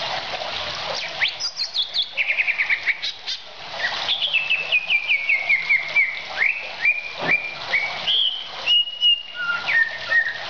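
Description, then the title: Oriental magpie-robin song with rapid buzzy trills early on, then a series of descending whistled notes and level pure tones, sung in quick succession. "Kicau Kacer"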